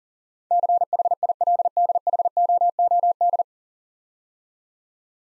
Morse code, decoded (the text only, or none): CHILDHOOD